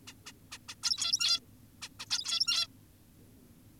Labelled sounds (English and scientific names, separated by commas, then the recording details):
Zebra Finch (Taeniopygia guttata)
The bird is an adult
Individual g17y2U